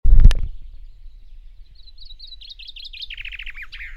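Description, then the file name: Common chaffinch: a sharp knock opens, then a rattling song phrase of rapid notes falls in pitch toward a final flourish, with faint low hum. "Fringilla coelebs"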